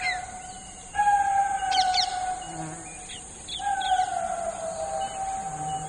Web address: eurasian stone-curlew